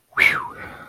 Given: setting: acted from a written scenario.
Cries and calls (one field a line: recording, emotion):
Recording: vocal sound without words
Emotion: relief